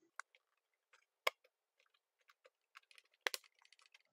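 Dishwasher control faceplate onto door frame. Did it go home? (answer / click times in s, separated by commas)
no / none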